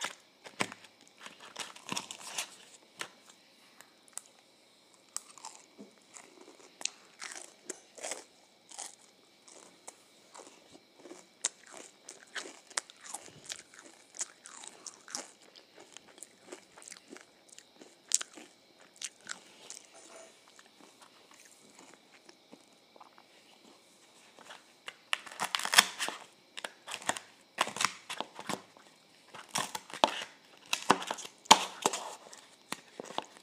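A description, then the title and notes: Someone eats ice cream and waffles, with quick crisp crunches and bites scattered throughout and soft chewing between them. A denser burst of crunching comes around 25 to 32 seconds. A faint steady high whine sits behind. Eating Ice Cream and Waffles.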